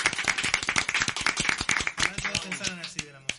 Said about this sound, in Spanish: No, yo te voy a aplaudir. Gracias.